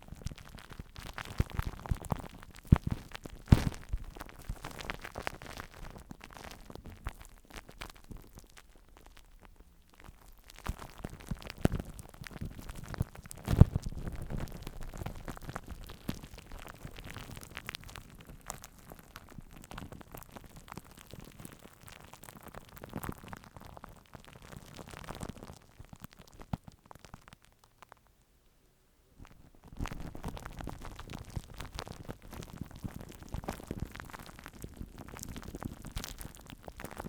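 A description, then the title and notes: Plastic wrap crinkles and crackles against a microphone in dense, irregular bursts, with brief near-silent pauses around ten and twenty-nine seconds. ASMR Plastic Wrap On The Microphone.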